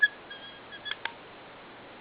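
A thick Strider GB EDCK folding knife's steel blade is swung open, with a high, whistle-like squeak from its ungreased pivot during the first part of the swing. Two sharp clicks follow at 0.9 s and 1.1 s as the lock engages behind the blade. The lockup is solid.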